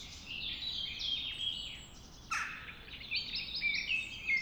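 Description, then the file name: Mistle Thrush whistled phrases mixed with a busy chorus of high twittering birds, one sharp loud sound near the middle, background hiss throughout. Singing at dawn. "Mistle Thrush Singing At Dawn"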